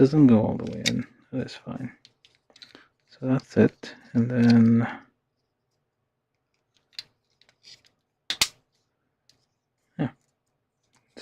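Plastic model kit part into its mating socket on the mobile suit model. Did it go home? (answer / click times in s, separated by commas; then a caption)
yes / 8.3 s. Someone talks while building a Bandai HG 1/144 AMX-003 Gaza-C plastic model kit (Gundam Universal Century 062), with faint plastic ticks and handling noises in between. A plastic part is pressed onto its peg or socket on the mobile suit model and snaps into place with a sharp click at 8.3 s, confirming it is seated.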